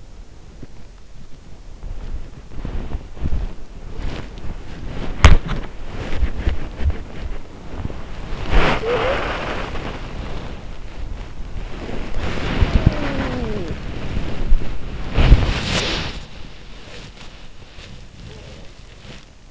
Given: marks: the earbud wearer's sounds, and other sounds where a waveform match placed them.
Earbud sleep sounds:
sounds in sleep by an in-ear microphone; body movement, talking in sleep
0.00-7.49 s: body movement
7.57-19.51 s: body movement
8.74-9.41 s: talking in sleep
12.57-13.96 s: talking in sleep

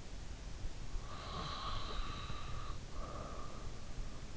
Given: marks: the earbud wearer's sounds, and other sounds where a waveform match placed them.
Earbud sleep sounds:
sounds in sleep by an in-ear microphone; snoring breath
1.09-3.81 s: snoring breath

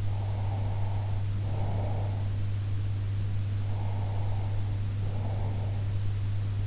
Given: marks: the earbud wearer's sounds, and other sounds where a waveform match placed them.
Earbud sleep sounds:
sounds in sleep by an in-ear microphone; breath
0.00-2.36 s: breath
3.65-5.79 s: breath

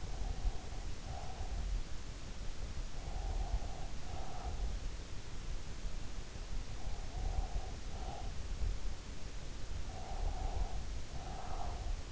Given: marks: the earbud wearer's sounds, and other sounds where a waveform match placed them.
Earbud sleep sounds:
sounds in sleep by an in-ear microphone; breath
0.00-1.80 s: breath
2.81-4.81 s: breath
6.85-8.66 s: breath
9.60-12.11 s: breath

